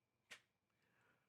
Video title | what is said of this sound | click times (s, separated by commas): Best Security System New York - Best Security System Los Angeles - best security system 2021 | hear that light clicking sound i'll do that one more time | 0.3 s